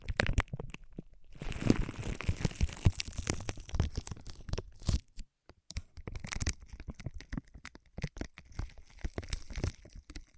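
Ear massage and cleaning sounds: dense crinkling, rubbing and crackling scratches fill most of the ten seconds. Brief silences break it near the one-second mark and around five to six seconds. After that the crackles return in sharper, quicker bursts.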